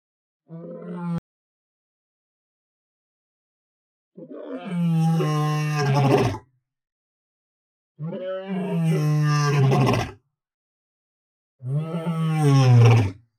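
Lion moaning, a short low grunt followed by three long, deep, raspy moans spaced a few seconds apart.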